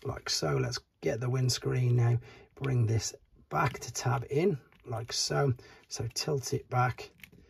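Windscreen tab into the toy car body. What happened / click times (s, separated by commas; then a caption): The plastic tab is handled but has not yet clicked home / none. Someone talks while handling the plastic windscreen of a Transformers Origin Deluxe Jazz action figure during its transformation, bringing it back and tilting it so its tab goes into the toy car body. A short, faint handling tap is heard near 7.2 s under the talk. Nothing has seated or clicked yet.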